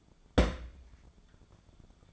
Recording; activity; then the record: daily activity, microphone in the room; place on stove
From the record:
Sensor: 5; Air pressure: 1010.5 hPa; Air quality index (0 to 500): 111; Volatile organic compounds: 2 ppm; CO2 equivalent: 1094 ppm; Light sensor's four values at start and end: 593/1485/621/726 and 578/1454/607/708